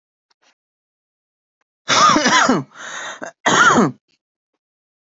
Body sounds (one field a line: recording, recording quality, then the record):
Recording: heavy voluntary cough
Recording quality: excellent, no background noise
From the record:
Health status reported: healthy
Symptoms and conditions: none ticked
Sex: male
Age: 23 years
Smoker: not ticked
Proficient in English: yes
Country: India